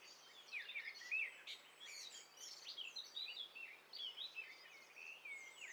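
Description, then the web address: Several birds calling at once, overlapping chirps and whistled notes in a busy mixed chorus, over faint background hiss. Several birds calling at once; stereo. "Hi Fi STEREO BIRD COCKTAIL PARTY Challenge"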